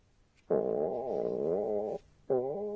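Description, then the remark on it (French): A voice imitates a hungry stomach growling: a long, wavering, tonal groan, then a brief pause and a second, shorter rumble, both fairly loud with no talking. “« Gu » s'emploie aussi pour décrire le son que fait notre estomac lorsqu'on a faim.”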